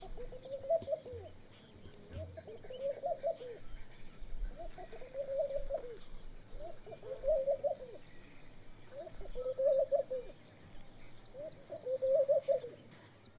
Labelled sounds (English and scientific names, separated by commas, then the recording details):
Laughing Dove (Streptopelia senegalensis)
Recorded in northern Uganda